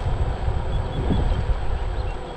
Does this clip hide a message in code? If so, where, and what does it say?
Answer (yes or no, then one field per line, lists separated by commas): no